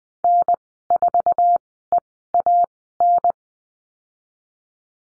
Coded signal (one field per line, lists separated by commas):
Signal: Morse code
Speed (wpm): 20 wpm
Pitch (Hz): 700 Hz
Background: none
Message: N4EAN